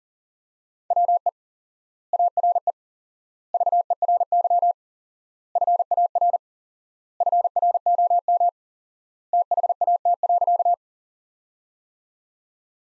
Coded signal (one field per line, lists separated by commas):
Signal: Morse code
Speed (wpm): 37 wpm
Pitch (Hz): 700 Hz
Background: none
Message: WE ARE VERY FAR FROM THAT.